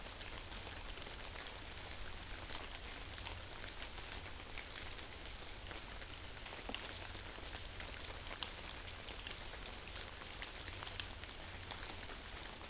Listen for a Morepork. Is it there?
no